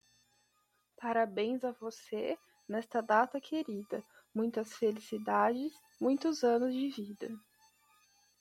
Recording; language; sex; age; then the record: short text; Brazilian Portuguese; female; 20 to 29 years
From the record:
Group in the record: control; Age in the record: 20 years